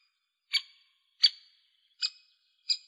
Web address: Dendrocopos major